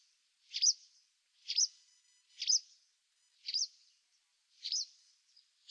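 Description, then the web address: White wagtail giving sharp, two-note chirping calls, repeated roughly once a second, five calls in a row against a quiet, clean background. "cianscape birddata Deverinetal 2025"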